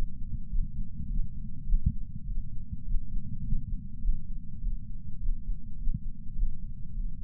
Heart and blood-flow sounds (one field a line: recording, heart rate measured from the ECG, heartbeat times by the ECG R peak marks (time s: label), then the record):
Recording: heart sounds by patch sensor on the chest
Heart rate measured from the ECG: 102 bpm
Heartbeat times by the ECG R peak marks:
0.50 s: heartbeat
1.09 s: heartbeat
1.67 s: heartbeat
2.27 s: heartbeat
2.86 s: heartbeat
3.44 s: heartbeat
4.02 s: heartbeat
4.62 s: heartbeat
5.21 s: heartbeat
5.79 s: heartbeat
6.36 s: heartbeat
6.95 s: heartbeat
From the record:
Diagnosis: coronary artery disease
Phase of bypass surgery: postoperative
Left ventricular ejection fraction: 62.1%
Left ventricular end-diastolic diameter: 45 mm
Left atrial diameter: 33 mm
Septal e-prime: 6.9 cm/s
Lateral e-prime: 10.6 cm/s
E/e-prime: 10.6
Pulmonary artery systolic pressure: 22 mmHg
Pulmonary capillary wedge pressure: 8 mmHg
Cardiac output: 5.1 L/min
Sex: female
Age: 52 years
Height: 163 cm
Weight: 80 kg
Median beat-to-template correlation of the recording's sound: 0.72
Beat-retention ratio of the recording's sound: 0.98